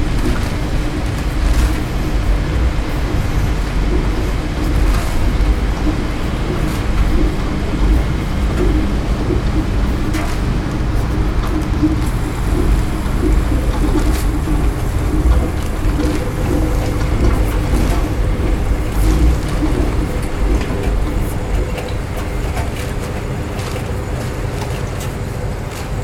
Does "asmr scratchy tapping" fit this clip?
no